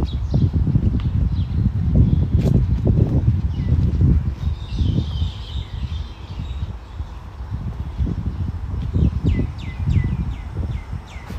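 Walking around Tel Aviv University: low rumbling footsteps and movement throughout, with bird chirps trilling in the upper range, busiest near the end.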